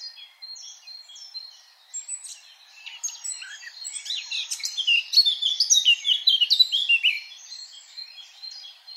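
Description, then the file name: Eurasian blackcap giving soft scratchy twitters that build into a loud, fast warble of clear whistled notes, then taper off toward the end. "Sylvia atricapilla"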